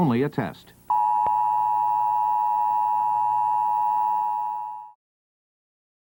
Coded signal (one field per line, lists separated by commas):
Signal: Emergency Alert System (SAME) tones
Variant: 853 and 960 Hz attention tone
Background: speech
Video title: The ULTIMATE EAS Alert Iceberg Explained [Parts 1-2]